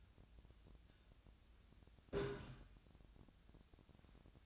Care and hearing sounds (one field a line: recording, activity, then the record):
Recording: daily activity, microphone in the room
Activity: take from stove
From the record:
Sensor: 2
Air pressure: 1009.9 hPa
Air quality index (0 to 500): 178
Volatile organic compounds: 10 ppm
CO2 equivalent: 2234 ppm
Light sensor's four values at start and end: 31/77/33/37 and 31/77/33/37